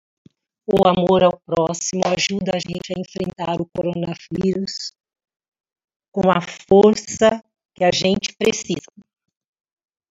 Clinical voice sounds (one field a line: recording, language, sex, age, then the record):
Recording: spoken sentence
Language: Brazilian Portuguese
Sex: female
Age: 50 to 59 years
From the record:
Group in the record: control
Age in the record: 54 years